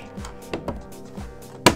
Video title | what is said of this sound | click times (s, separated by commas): Playmobil Tienda de Bicicletas y Patines ►Juegos Juguetes y Coleccionables | Ahí está el clic, ya quedó aquí. | 1.7 s